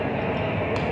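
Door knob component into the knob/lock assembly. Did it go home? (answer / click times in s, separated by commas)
no / none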